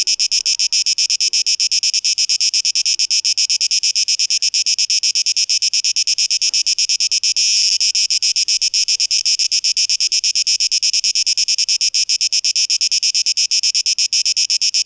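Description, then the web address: Cicada song, shrill rapid pulses throughout, swelling briefly in the middle. Cicadas, 12 August 2023, tape echo mix. "rauschpartikel Audio 2023-08-12 Zikaden"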